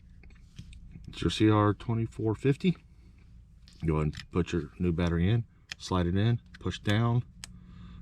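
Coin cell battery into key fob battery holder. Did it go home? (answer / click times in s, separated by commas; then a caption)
no / none. Someone talks while a new CR2450 coin cell battery is slid into the battery holder of a plastic 5-button smart key remote for a 2021 Ford Expedition and pushed down, with a few faint, short ticks between the words. The battery fails to latch in place, and nothing has seated or clicked yet.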